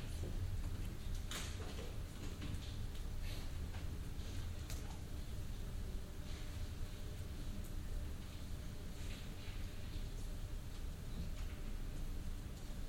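Quiet sounds in the reading room of the Central Library: a steady low rumble runs throughout, with a soft hiss above it. Scattered faint clicks and brief rustles occur irregularly, a few slightly sharper ones near the first two seconds.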